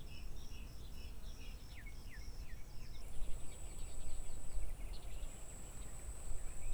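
Bird song of short, high chirps and twittering notes in quick bursts, with a steady high tone from midway and a constant low rumble beneath.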